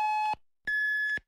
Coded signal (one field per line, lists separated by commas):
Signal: radio time signal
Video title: TIME SIGNAL CCTV1 GUI ZHOU XI JIU 19H 2020 08 01 AND MIRROR